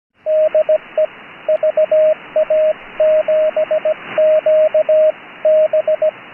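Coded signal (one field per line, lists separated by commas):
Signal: Morse code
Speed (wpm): 17 wpm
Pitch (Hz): 620 Hz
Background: radio noise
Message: DE VA7QB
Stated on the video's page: Public service net on 3.729 MHz, net control operating fully remote from a boat.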